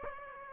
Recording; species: mosquito wingbeat signal from an infrared sensor; Aedes aegypti